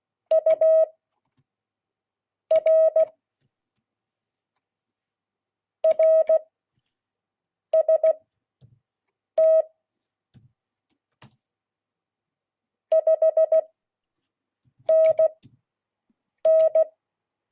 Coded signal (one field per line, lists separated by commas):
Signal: Morse code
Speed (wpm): 16 wpm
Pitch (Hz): 640 Hz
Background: none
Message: UR RST 5NN